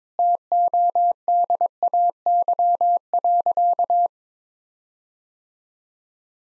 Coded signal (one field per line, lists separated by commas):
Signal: Morse code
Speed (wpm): 21 wpm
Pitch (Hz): 700 Hz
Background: none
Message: TODAY.